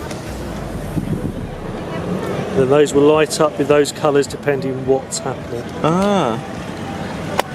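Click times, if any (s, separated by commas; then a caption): 7.4 s. Someone talks while the charging port cap of a 2018 Range Rover P400e plug-in hybrid SUV is fitted by hand, over a steady low outdoor hum. At 7.4 s the cap clicks into place with a single sharp snap, and it is seated.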